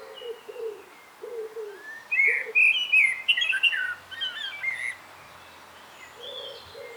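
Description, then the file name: Common blackbird: a rich whistled phrase breaking into jumbled high twitters, with low soft repeated notes before and after. "Turdus merula"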